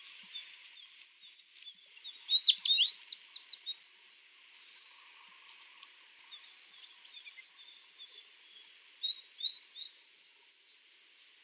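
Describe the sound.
Willow tit singing phrases of clear, high, evenly repeated piping notes in rapid series, with short buzzy notes between phrases.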